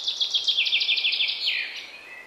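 Common chaffinch song, a rapid train of repeated notes dropping in steps, then a brief slurred ending phrase.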